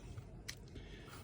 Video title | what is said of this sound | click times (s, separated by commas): F56 MINI Oreo Key Surround Fitting + Battery Change in Fob | push it nice and tight, and then that lock basically locks it back in | 0.5 s